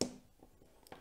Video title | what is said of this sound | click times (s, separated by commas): Cooler Master ML240 Mirror AIO Installation Guide | so that's clicked into place | 0.0 s